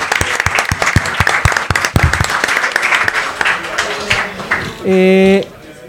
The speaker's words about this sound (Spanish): Les pido un fuerte aplauso